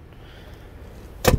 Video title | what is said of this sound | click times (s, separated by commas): 2020 Infiniti Q60 walkaround Grande Prairie Hyundai | push the bottom down and clicks back into place really easy to do i can do it all one-handed while holding my phone in the other so | 1.3 s